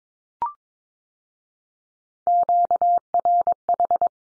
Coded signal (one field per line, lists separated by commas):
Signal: Morse code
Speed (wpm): 22 wpm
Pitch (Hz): 700 Hz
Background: none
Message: QRH